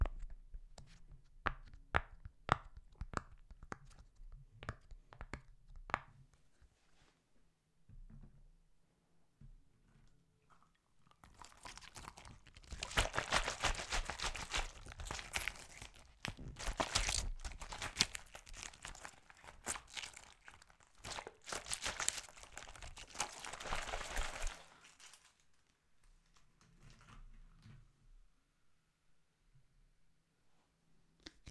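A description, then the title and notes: Fidget toys are handled. For the first several seconds there are quick, regular clicks, then from about 11 to 25 seconds a dense, bright crinkling and crunching rises, before it drops back to sparse, quieter clicks and rustles. ASMR With Fidget Toys! I do some ASMR with all different types of Fidget toys!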